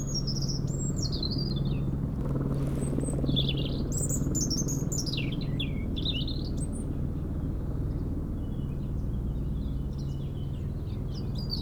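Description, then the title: European robin delivering a long, fluty, wandering phrase that dips and rises, followed by softer high notes, over a steady low-pitched helicopter noise. Singing in a hedge near Lac du Bourget, France, during helicopter lift work on a cliff, sound echoing off the mountain; Zoom H4n Pro placed vertically on the ground. "4 Chem. de la Pointe Forestier, Brison-Saint-Innocent, France - Duo rouge-gorge hélicoptère"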